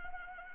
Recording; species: mosquito wingbeat signal from an infrared sensor; Anopheles arabiensis